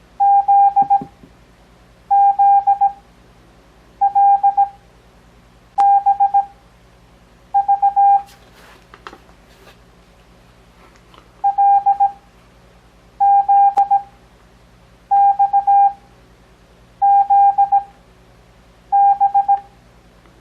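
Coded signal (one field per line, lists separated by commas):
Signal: Morse code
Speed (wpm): 17 wpm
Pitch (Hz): 800 Hz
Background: none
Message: ZZLBV LZXZB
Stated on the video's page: Beginner Morse code copying practice covering letters B, C, F, H, J, L, P, Q, V, X, Y, Z plus earlier letters.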